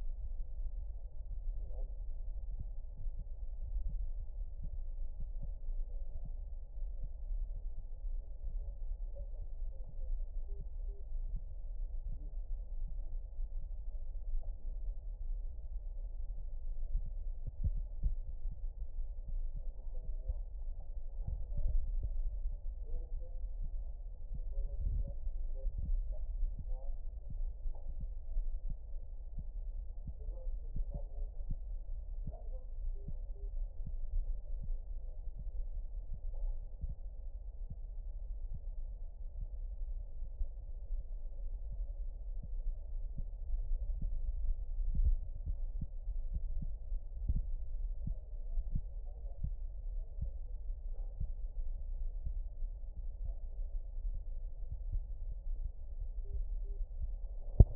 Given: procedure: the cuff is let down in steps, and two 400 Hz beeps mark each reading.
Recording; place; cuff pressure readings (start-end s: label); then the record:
Korotkoff sounds by stethoscope; brachial artery, at the lower edge of an arm cuff
10.48-11.01 s: 130 mmHg
32.96-33.48 s: 120 mmHg
56.25-56.77 s: 110 mmHg
From the record:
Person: healthy adult, 24 to 32 years, lying on the back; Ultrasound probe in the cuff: middle